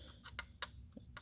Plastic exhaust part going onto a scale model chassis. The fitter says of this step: make sure you've been all nice and tight for the exhaust snaps right into place here